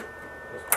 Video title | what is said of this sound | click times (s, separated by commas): Big Power | push it straight in until it snaps | 0.7 s